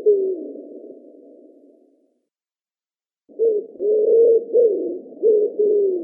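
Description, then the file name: Common wood pigeon: one falling coo fades into silence, then a quick string of low, husky coos resumes the phrase. Recorded in Russia. "Pticy Rossii - Vyahir Columba palumbus"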